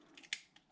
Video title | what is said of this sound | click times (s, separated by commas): AtomRC Penguin (1/3) | et ça se clipse comme ça et ça tient avec une vis ou trois vis, | 0.3 s